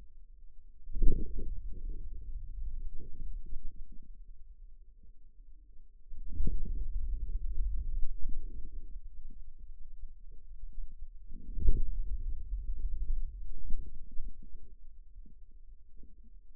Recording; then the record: forearm muscle sounds (acoustic myography)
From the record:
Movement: hand closing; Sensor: system 2, bracelet of six BSWA MPA416 microphones around the upper forearm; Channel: 5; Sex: male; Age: 22 years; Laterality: right